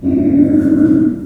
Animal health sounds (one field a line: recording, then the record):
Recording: squeal of a Yucatan mini pig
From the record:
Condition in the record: after surgery on the right vocal fold (resection and tissue-engineered implant)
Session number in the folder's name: 4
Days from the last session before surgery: 26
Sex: female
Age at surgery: 19 weeks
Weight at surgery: 25 kg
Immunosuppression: prednisolone